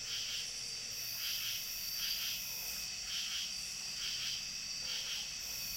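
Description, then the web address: Lesser angle-wing katydid song: soft, hissing high-pitched pulses repeated several times over a steady background hiss. "The Songs of Insects 49 Lesser Angle-wing Katydid"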